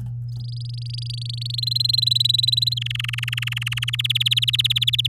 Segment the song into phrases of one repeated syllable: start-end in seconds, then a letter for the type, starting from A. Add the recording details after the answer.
0.28-1.60 A, 1.62-2.74 B, 2.77-3.96 C, 3.99-5.07 D. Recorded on 9 May 2018 at 06:12. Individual llb16